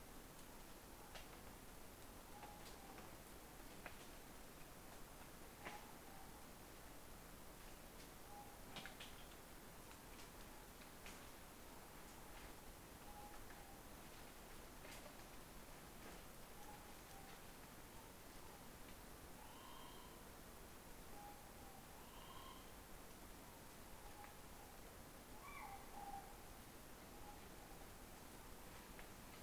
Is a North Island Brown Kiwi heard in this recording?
no